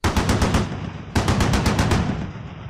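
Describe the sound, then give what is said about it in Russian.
The autocannon of a Bradley armoured vehicle fires two bursts at the facades of houses along a street, back to back, each a rapid, evenly spaced string of loud, heavy booming shots lasting about a second, with a brief pause between them. No voices. “Автопушка «Брэдли» неожиданно дала пару очередей по фасадам домов слева по улице.”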